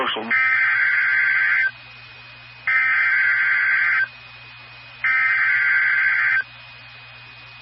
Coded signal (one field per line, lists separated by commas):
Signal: Emergency Alert System (SAME) tones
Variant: header bursts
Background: speech